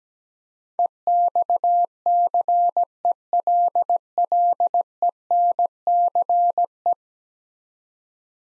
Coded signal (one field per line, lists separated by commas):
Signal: Morse code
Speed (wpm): 17 wpm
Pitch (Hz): 700 Hz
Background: none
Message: EXCELLENCE